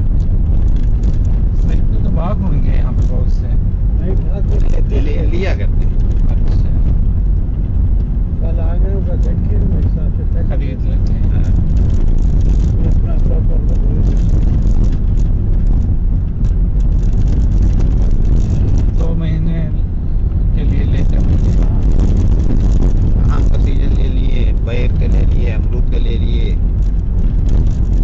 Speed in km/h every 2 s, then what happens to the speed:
20, 18, 22, 28, 28, 27, 28, 30, 28, 29, 25, 25, 29, 28.
3-6 speeds up to 28. 6-28 steady at about 28.